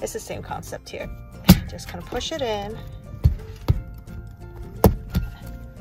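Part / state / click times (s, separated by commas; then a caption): plastic headrest mount clip onto car seat headrest post / seated / 4.8 s. A plastic headrest mount clip is pushed one-handed onto a car seat headrest post while someone talks, with soft plastic knocks and handling sounds in between. A sharp click at 4.8 seconds marks the clip snapping into place and seating on the post.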